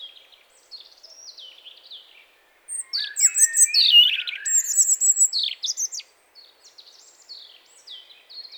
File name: Erithacus rubecula